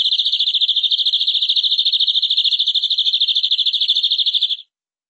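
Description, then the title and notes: Canary song: one continuous rapid rolling trill lasting over four and a half seconds, then silence. "BM Suara Kenari. BM Suara Burung Kenari"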